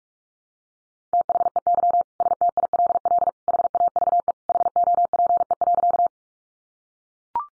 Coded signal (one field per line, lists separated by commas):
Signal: Morse code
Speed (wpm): 44 wpm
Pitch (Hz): 700 Hz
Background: none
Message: THEY STILL HAVE HOPE.